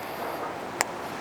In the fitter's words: You can kind of hear it pop.